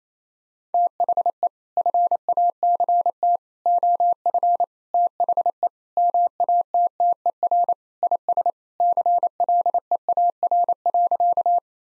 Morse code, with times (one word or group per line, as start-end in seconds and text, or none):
0.7-1.5 THE
1.8-3.4 FACT
3.7-4.6 OF
4.9-5.7 THE
6.0-7.7 MATTER
8.0-8.5 IS
8.8-11.6 CLEAR.